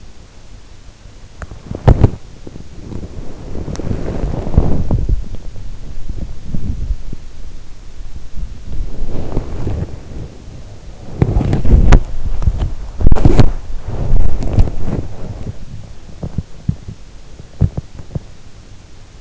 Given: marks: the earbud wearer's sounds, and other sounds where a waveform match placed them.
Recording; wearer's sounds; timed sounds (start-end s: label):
sounds in sleep by an in-ear microphone; body movement
1.31-19.21 s: body movement